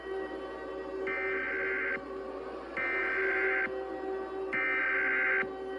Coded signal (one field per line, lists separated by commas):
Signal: Emergency Alert System (SAME) tones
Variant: header bursts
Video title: Terror Dogs: An EAS Horror Scenario (Non Age-Restricted Version)